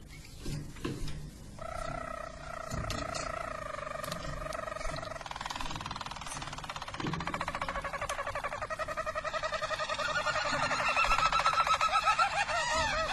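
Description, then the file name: Harz Roller canary song: a smooth sustained rolling tour held for several seconds, then shifting into faster, buzzier rolled trills that grow louder toward the end. Belgian Harz Roller canary (canário belga) song. "canto do canario belga harz roller"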